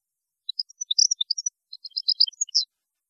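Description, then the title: European goldfinch song: tinkling, chirpy notes building into a dense twittering phrase, about two seconds in all. "Chant Chardonneret"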